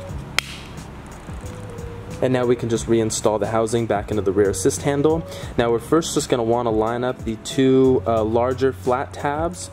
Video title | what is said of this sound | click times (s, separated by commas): Jeep Compass LED Interior How To Install - 2nd Gen - 2017+ | until they lock into place and | 0.4 s